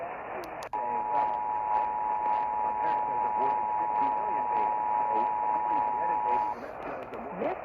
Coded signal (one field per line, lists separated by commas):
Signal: Emergency Alert System (SAME) tones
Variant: 853 and 960 Hz attention tone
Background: speech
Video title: EAS #157/158 - Ohio Required Monthly Test (Oct 11, 2023)